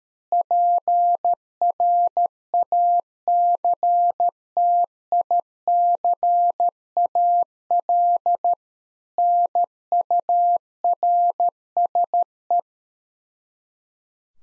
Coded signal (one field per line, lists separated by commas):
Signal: Morse code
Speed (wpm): 13 wpm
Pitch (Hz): 700 Hz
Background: none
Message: PRACTICAL NURSE